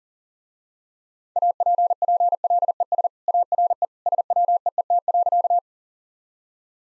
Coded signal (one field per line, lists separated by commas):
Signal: Morse code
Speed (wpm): 38 wpm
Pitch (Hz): 700 Hz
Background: none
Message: APPLES ARE SWEET.